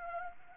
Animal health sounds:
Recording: mosquito wingbeat signal from an infrared sensor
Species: Anopheles arabiensis

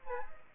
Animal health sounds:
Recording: mosquito wingbeat signal from an infrared sensor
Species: Aedes aegypti

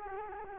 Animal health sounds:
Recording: mosquito wingbeat signal from an infrared sensor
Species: Culex quinquefasciatus

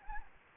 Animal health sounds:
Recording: mosquito wingbeat signal from an infrared sensor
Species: Anopheles gambiae

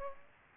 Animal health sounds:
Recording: mosquito wingbeat signal from an infrared sensor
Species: Aedes aegypti

